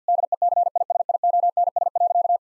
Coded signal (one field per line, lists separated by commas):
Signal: Morse code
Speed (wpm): 50 wpm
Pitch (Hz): 700 Hz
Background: none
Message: DECISIONS.